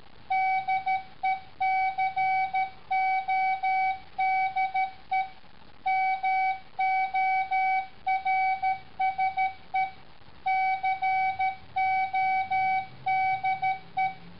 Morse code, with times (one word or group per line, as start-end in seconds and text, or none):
0.3-5.2 DECODE
5.9-9.9 MORSE
10.5-14.1 CODE